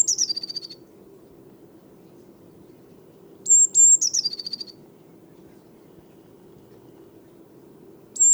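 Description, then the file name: Eurasian blue tit song phrases of high piercing notes and a fast trill that drops in pitch, at the start, midway and again at the end, over a low hum. "Cyanistes caeruleus"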